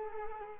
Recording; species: mosquito wingbeat signal from an infrared sensor; Culex quinquefasciatus